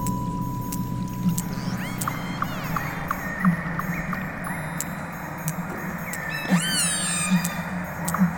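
Whale calls: a series of short chirps and bent whistles, then a loud sweeping squeal with harmonics, over regular clicks and a low steady hum.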